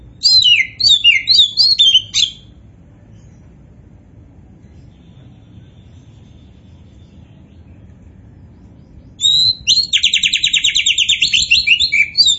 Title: Kacer Poci Gacor